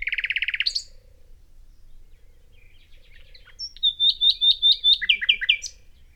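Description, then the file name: Common nightingale song: a loud rattling buzzy phrase, a pause, then a run of rapid repeated whistled notes that rise and fall in pitch. "Luscinia megarhynchos"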